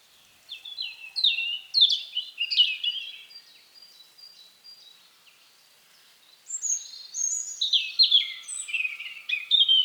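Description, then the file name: European robin singing high, tinkling phrases of quick descending slurs and trills, a soft thin passage in the middle, then a bright rippling burst to close. "Erithacus rubecula"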